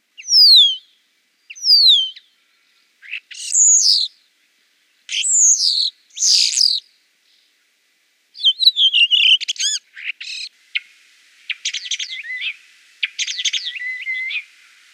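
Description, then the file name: Common starling calls: a series of sharp descending whistles, then buzzy rattles, clicks and harsh chattering notes in quick bursts, high-pitched throughout. "sturnus vulgaris"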